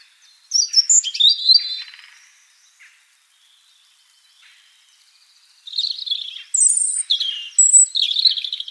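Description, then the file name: European robin song: two separate bursts of high, sweet, varied twittering and warbled notes, divided by a pause of a few seconds with near silence. "Erithacus rubecula"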